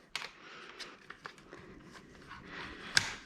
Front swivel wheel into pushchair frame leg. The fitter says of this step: to the frame and they will click into place